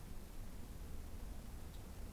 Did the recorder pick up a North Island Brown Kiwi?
no